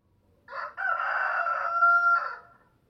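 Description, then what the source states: Chicken: rooster giving one full crow: a brief opening burst, then a drawn-out harsh call that stays level, ending with a short clipped note, with quiet around it. Male (rooster).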